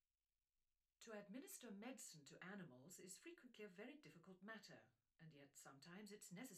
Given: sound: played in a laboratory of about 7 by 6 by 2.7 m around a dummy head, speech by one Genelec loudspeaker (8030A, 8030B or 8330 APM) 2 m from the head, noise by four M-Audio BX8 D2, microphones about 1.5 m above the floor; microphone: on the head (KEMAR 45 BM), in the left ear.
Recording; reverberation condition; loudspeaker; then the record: female speech in English; low; 150 degrees to the left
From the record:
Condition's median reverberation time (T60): about 310 ms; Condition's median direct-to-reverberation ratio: about 3.5 dB